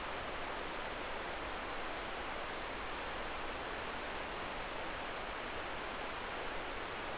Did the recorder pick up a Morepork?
no